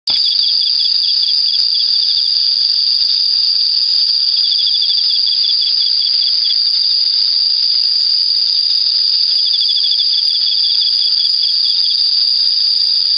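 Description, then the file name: Emma field cricket giving repeated bursts of quick pulsed chirps, set against a continuous shrill insect chorus. "エンマコオロギ"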